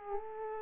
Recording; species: mosquito wingbeat signal from an infrared sensor; Aedes aegypti